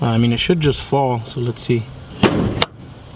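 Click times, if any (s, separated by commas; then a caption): 2.6 s. Someone talks, then a newly installed, brand-new GTR hood release cable on an R34 Skyline is pulled to test it; the metal hood latch at the front, attached to the radiator support that is missing its bottom piece, should just fall. A short noisy burst sounds at 2.2 s, followed by a sharp click at 2.6 s as the latch releases. The hood latch is confirmed released.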